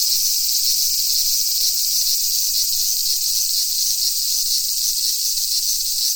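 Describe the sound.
Cicadas making an unbroken shrill, hissing buzz, steady and high throughout.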